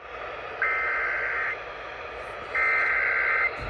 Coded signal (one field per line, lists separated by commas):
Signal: Emergency Alert System (SAME) tones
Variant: header bursts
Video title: (EAS 1,000) The Day After "Celltral Valley" (EAS Alerts from 5/20-21/23) (EAS #996-1,008)